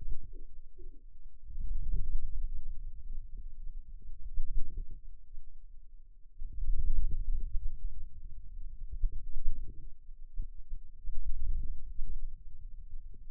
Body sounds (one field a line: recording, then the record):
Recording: forearm muscle sounds (acoustic myography)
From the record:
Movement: wrist flexion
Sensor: system 2, bracelet of six BSWA MPA416 microphones around the upper forearm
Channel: 5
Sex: male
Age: 22 years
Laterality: right